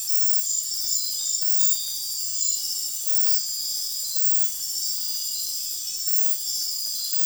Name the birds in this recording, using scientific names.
none